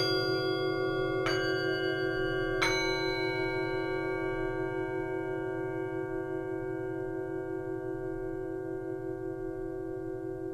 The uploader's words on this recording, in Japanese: ネパールに赴き、選び抜いた密教法具、ドニパトロ（シンギング・ボール）や。密教法具による聖音。